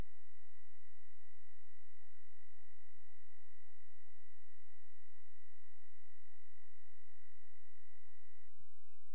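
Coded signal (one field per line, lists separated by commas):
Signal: none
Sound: a game's chirping sound effects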